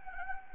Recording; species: mosquito wingbeat signal from an infrared sensor; Anopheles gambiae